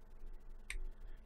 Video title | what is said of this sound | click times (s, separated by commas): ⌚ Xiaomi Amazfit, ένα Sportswatch που ξεχωρίζει! UNBOXING [GEARBEST] | κουμπώνει αρκετά καλά και εύκολα και το φορτιστή του κινητού σας προφανώς. | 0.7 s